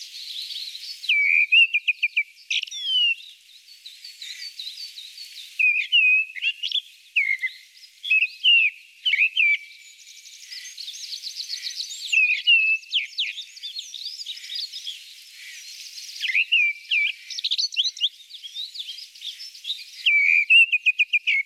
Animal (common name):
Mistle Thrush